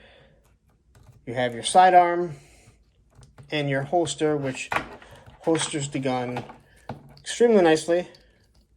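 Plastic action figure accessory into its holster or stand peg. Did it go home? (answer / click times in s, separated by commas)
no / none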